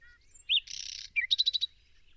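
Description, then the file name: Common nightingale song phrase: a soft whistle, a harsh buzzy rasp, then a quick run of sharp repeated notes. "Luscinia megarhynchos"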